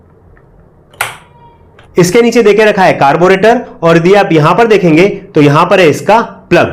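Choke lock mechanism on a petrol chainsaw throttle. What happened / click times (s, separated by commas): The lock sprang free / 1.0 s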